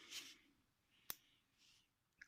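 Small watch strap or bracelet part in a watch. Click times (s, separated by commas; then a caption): 1.1 s, 2.2 s. A small metal watch strap or bracelet part is clipped back into a watch. After a soft rustle at the start, a sharp click sounds at 1.1 s and a fainter one at 2.2 s, and the part is seated.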